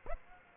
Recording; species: mosquito wingbeat signal from an infrared sensor; Aedes aegypti